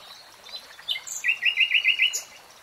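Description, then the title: Nightingale song: a few high slurred notes, then about six quick repeated chirps in a tight run, with a short high note at the end. Three-hour real-time recording. "[Tiếng chim hót] 3 Hours REALTIME Nightingale Singing"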